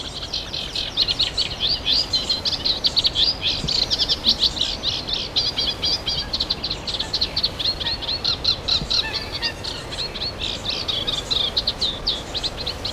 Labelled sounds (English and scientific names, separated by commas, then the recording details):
Eurasian Reed Warbler (Acrocephalus scirpaceus) song
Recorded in the wild
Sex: male
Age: adult
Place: Summt, Brandenburg, DE
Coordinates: 52.69, 13.3603
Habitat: lake
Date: 1988-06-12 12:00
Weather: sunny, 14-18°C, wind
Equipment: Nagra SN, Kopie Tesla B 116
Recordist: Tembrock, Günter